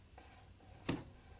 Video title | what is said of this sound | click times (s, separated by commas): External filter - Oase Biomaster thermo 250 external filter [detailed unboxing and review] | clicks in you might heard that on the mic | 0.9 s